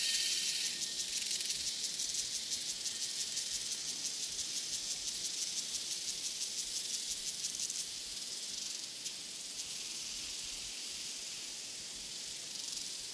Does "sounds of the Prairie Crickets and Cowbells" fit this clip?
yes